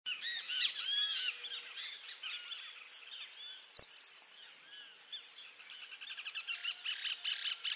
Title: LuckyPassaro Completos2Sama. Cattle Tyrant (Machetornis rixosa)